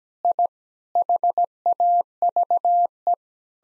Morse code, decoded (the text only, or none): I HAVE